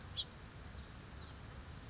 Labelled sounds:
House Finch
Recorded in Sonoma County, California

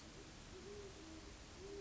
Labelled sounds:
Great Horned Owl
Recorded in Sonoma County, California

